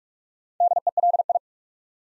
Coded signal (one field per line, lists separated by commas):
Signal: Morse code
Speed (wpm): 44 wpm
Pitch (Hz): 700 Hz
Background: none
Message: DELI